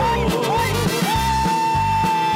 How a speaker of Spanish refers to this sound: Este grito es de amor y cultura. Es el grito que abarca la vida.